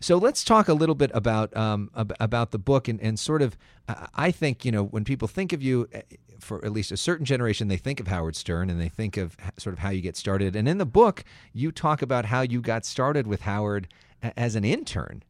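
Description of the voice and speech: An adult man speaks fluently at a conversational pace with ordinary voice quality and brief natural pauses.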